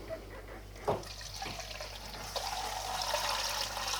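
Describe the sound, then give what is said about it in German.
Water is poured into a container holding a cooking mixture with eggs, in a steady stream, the splashing rising and filling out over a few seconds, with a couple of soft knocks near the start. “Und dann benötigen wir noch Wasser.”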